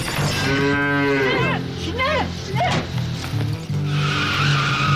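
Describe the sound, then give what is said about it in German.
A cow moos loudly several times, drawn-out low calls whose pitch bends upward and then falls, with a steady rumbling hum continuing underneath throughout. “Ja zum Vitamin heißt für uns auch Ja zur Kuh.”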